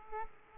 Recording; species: mosquito wingbeat signal from an infrared sensor; Aedes aegypti